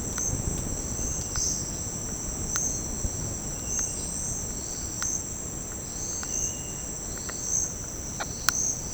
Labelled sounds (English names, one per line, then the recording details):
none
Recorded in secondary vegetation near Puerto Asís, Putumayo, Colombia, on 8 March 2025 at 10:00
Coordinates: 0.481, -76.318
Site G097